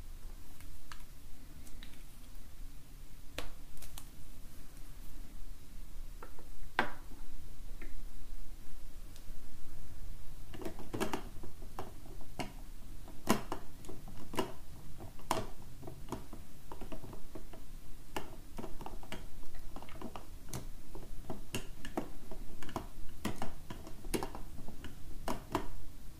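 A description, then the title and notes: Markers scratch and tap on paper, with sharp clicks and strokes arriving irregularly. The marks are sparse at first, then grow busier after about ten seconds, over a low, steady hum. Relaxing Drawing With Markers - Drawing, No-Talking, Paper & Pen Sounds. For this episode I took out my set of Zebra Mildliners to doodle with.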